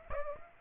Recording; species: mosquito wingbeat signal from an infrared sensor; Aedes aegypti